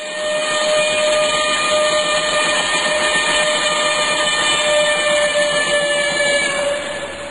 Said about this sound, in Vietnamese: Xe lửa Sài Gòn xuống đậu rồi chạy đi. Cách một lát, xe lửa Mỹ Tho cũng lên đậu rồi chạy đi.